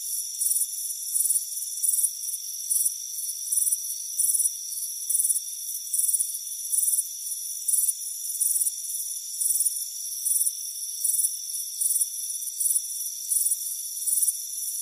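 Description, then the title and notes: Crickets give rapid, shrill pulsed chirps in a steady, repeating beat, with a persistent high insect drone beneath. "Soothing Crickets Chirping Sound. It's a warm afternoon as you relax in a hammock on the front porch. Relax and fall asleep to the soothing sound of chirping crickets"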